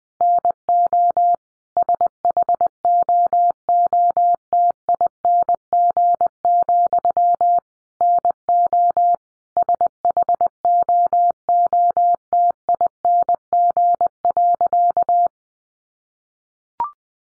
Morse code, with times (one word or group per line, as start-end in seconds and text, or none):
0.2-1.4 NO
1.8-7.6 SHOOTING,
8.0-9.2 NO
9.6-15.3 SHOOTING.